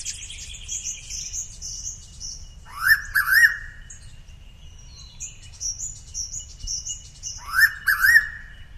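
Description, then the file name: Noisy pitta repeating a three-note whistled phrase twice, about five seconds apart, over constant high-pitched background twittering. "pitta versicolor"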